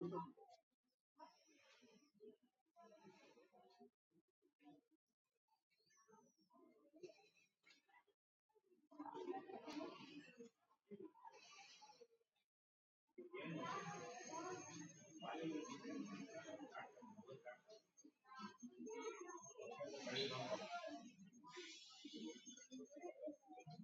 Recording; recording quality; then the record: shallow breathing; moderate, slight background noise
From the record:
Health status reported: recovered from COVID-19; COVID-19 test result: positive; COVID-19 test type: RT-PCR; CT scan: not taken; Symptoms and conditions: hypertension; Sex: male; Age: 54 years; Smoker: yes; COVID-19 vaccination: both doses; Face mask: worn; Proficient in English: yes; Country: India